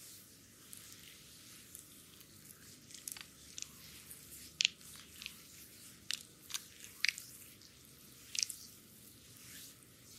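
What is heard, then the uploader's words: A dry brush drags in soft, steady bristly strokes across skin during a massage, a continuous airy scratching. Brighter crisp flicks and taps punctuate it every second or so, sharpest around four and a half, seven and eight and a half seconds. ASMR full body massage with dry brush. Back, foot, neck massage.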